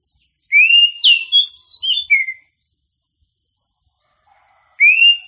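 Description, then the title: Oriental magpie-robin song of bright rising whistles and rapid varied phrases lasting about two seconds, silence, then another rising whistled phrase starts. Singing champion bird. "Kicau Burung Kacer Juara"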